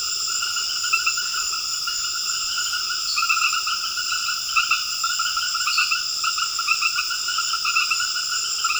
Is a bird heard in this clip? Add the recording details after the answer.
no. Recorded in secondary vegetation near Puerto Asís, Putumayo, Colombia, on 12 March 2025 at 20:30. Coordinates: 0.488, -76.319. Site G095